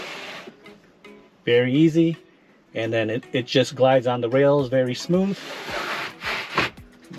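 Someone talks as the front panel of an EVBASE retractable sunshade is pulled along its rails in a Tesla Model Y glass roof, giving a soft sliding hiss as it glides smoothly. It locks into place at the end of its travel with a click at 6.6 s.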